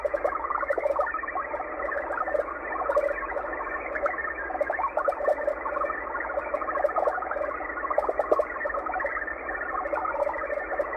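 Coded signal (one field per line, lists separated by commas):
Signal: HF data modem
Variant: XPB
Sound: dense warbling data hiss of many rapidly changing tones in a fixed band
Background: radio static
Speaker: there you go uh xpb out of Moscow Russia with a digital transmission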